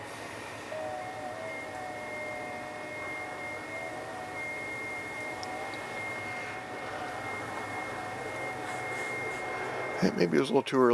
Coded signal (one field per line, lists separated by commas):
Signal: FT8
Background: speech